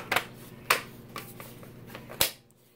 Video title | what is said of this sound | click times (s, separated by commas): Earthwise Cordless Rechargeable 2-in-1 Shrub Shear and Hedge Trimmer Combo. #Unboxing | boom you hear the click it's done push it and | 2.2 s